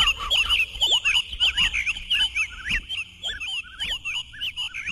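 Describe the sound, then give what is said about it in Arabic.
Birds chirp continuously in a busy overlapping chorus of high, quick, warbling calls and short upward sweeps, with no voices. “إنني لو أنشدت لك أيها الذئب، أرأيت هذه الطيور؟”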